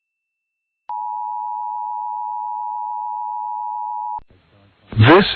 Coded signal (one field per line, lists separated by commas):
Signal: Emergency Alert System (SAME) tones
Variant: 853 and 960 Hz attention tone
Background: speech